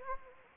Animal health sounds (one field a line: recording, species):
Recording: mosquito wingbeat signal from an infrared sensor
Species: Anopheles gambiae